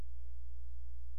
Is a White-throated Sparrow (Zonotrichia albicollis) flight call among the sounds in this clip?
no